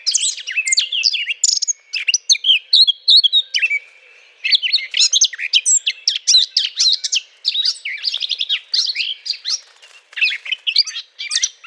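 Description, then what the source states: Eurasian blackcap giving a long, varied warble of sharp chips and whistles, a brief quieter stretch, then rapid chattering phrases again. Courtship song.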